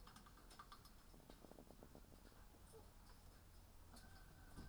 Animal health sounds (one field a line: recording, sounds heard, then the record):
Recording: poultry house recording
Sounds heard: sick chickens (respiratory disease)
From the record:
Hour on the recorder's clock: 9